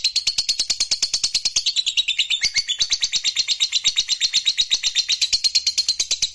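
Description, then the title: Lovebird giving fast, buzzy chattering song, a dense run of rapid high pulsed notes throughout. Lovebird singing with spontaneous excitement, meant to rouse a lazy, quiet lovebird into song. "LOVEBIRD Malas Bunyi JADI GREGET SPONTAN Langsung NARIK"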